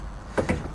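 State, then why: Seated. The end of an Access Tonnosport rolling soft tonneau cover on a Ford F-150 is pushed down into a small groove in the truck bed side rail. Two short, sharp latch-like clicks land at 0.4 s and 0.5 s over a quiet background. The cover end locks into place and sits nice and tight.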